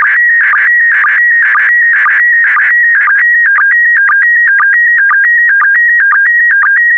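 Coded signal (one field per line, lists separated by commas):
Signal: SSTV (slow-scan television)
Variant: PD120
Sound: warbling high tone hopping between pitches, with a short low blip about twice a second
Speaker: complete. You can now check your decoded image against the picture that is shown on the video.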